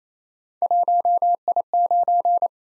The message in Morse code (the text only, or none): 1I9